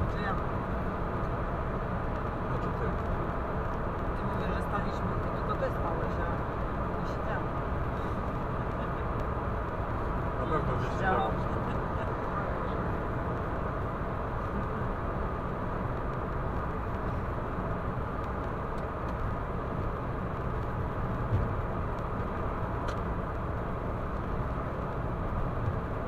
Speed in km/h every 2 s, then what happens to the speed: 118, 117, 117, 117, 117, 117, 117, 117, 117, 118, 118, 118, 118.
0-26 steady at about 117.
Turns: none.